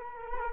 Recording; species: mosquito wingbeat signal from an infrared sensor; Culex quinquefasciatus